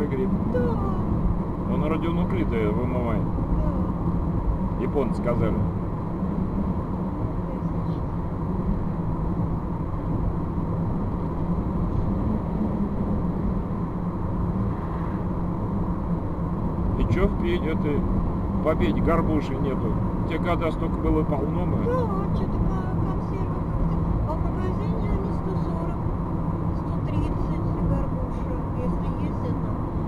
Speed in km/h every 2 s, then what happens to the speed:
69, 68, 69, 70, 69, 67, 65, 67, 68, 67, 68, 68, 67, 67, 68.
0-30 steady at about 68.